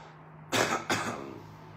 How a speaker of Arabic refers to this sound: يعني مفيش ضرر يا باشا، اي حد يكح من الدخان يبقى هو مش طبيعي. يعني حضرتك انت كحيت من الدخان يبقى انت مش طبيعي، كحيت من التراب، كحيت من شعر القطة، كحيت من شعر الحصان، كحيت من شوية تراب بره، من البولنز، من حبوب اللقاح، ده هكس يا باشا.